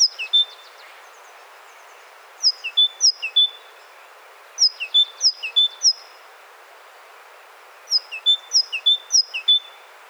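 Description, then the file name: Great tit calls: high, clear phrases repeated in four bursts, each burst a few quick notes stepping down in pitch, with steady background hiss. "Parus major"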